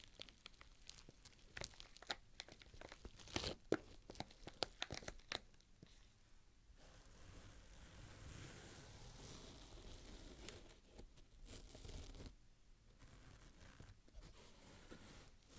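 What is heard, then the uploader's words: Unboxing of a microphone, with sharp crinkles, snaps and tearing of packaging in quick bursts through the first six seconds. Around seven to twelve seconds a denser, rougher rustle takes over, like plastic or paper being pulled and crumpled, before scattered crisp clicks return. Crisp and Bassy Microphone Unboxing. No Talking.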